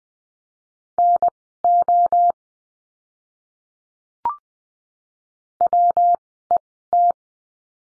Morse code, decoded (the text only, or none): NO WET